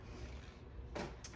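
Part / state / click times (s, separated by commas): plastic cap onto the end of an alcohol marker / seated / 1.2 s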